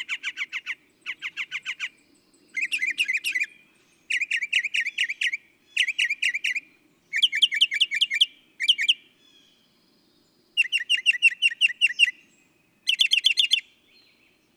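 Northern mockingbird singing a long sequence of phrases, each a quick rattle of notes, separated by short gaps.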